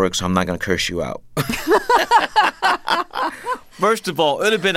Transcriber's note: laughter